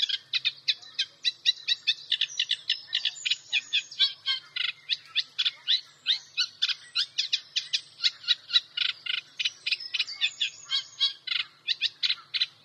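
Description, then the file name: Eurasian reed warbler song: continuous grating, churring notes delivered in a rapid, jerky rhythm, with occasional higher notes. "Rorsangare"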